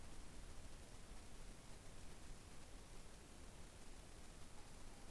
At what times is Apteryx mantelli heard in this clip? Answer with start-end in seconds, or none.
none